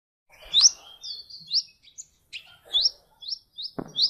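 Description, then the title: Oriental magpie-robin singing sparse, sweet rising whistles with short pauses between notes; a dull knock sounds near the end. "Kicau Kacer"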